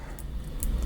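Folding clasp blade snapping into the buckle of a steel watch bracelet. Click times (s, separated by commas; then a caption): 0.6 s. A stainless steel folding clasp on a steel watch bracelet, fitted with ceramic pin snaps, is closed by hand. Faint ticks come at about 0.2 s, and the clasp blade snaps shut into the buckle with a sharp click at 0.6 s, before the clamshell is locked. More light clicks follow near 0.9 s, and the clasp ends up seated.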